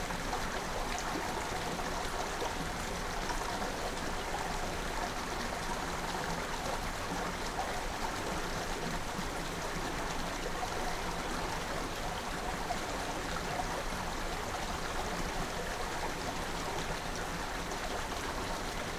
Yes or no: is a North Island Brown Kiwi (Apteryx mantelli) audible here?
no